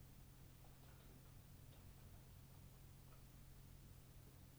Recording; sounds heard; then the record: poultry house recording; no chicken sound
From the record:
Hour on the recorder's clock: 23